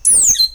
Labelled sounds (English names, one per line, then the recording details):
Stitchbird song
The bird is a male
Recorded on Tiritiri Matangi Island, New Zealand, in 2005
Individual 7, of nest box 9